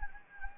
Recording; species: mosquito wingbeat signal from an infrared sensor; Anopheles gambiae